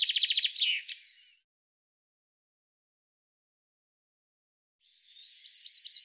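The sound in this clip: Bird song: a rapid trill that breaks off, more than three seconds of silence, then a new phrase of quick descending notes begins.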